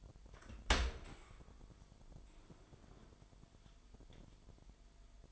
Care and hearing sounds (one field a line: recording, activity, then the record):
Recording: daily activity, microphone in the room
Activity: open dishwasher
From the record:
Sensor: 5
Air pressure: 998.4 hPa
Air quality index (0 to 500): 84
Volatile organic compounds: 1 ppm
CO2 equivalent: 962 ppm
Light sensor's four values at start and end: 20/47/20/22 and 20/48/20/22